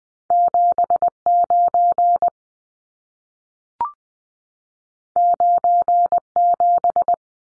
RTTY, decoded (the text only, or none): none